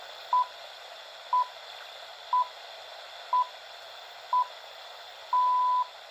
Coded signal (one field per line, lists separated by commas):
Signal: radio time signal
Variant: time pips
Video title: igadgitz Emergency Radio BBC Radio 4 News 02/03/2024 1000 GMT 603kHz